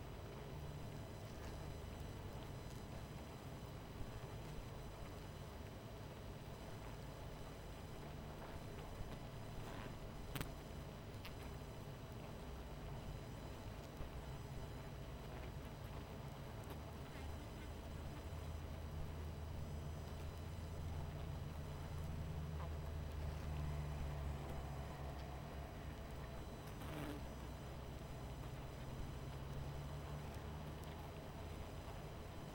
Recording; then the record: honeybee colony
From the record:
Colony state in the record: missing queen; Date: 14 July 2017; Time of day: 22:25